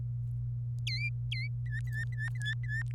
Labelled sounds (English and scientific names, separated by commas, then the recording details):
Domestic Canary (Serinus canaria) song
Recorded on 27 April 2018 at 09:15
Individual llb3